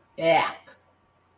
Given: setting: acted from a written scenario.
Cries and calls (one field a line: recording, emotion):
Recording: vocal sound without words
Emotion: disgust